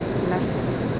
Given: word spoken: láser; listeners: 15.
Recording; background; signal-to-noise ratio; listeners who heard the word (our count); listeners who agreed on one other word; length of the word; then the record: one Spanish word in noise, from a listening test; speech-shaped noise; -4.7 dB; 2 of 15; 8 of 15; 0.60 s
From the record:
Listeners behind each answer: 8, 2, 2, 2, 1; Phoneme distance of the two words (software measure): 14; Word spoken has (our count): 2 syllables, 5 phonemes, stress on syllable 1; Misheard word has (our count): 2 syllables, 5 phonemes, stress on syllable 1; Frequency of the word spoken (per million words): 4.62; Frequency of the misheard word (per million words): 142.45